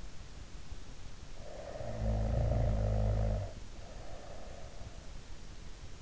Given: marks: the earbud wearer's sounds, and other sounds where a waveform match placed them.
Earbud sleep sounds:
sounds in sleep by an in-ear microphone; snoring breath
1.09-4.94 s: snoring breath

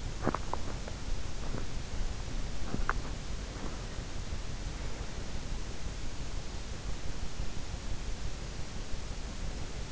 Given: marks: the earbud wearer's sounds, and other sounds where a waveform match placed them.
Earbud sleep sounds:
sounds in sleep by an in-ear microphone; teeth grinding
0.00-3.77 s: teeth grinding

